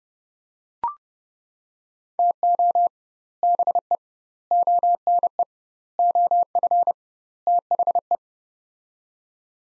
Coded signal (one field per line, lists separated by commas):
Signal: Morse code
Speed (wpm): 30 wpm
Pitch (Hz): 700 Hz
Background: none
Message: TO BE ONE OF THE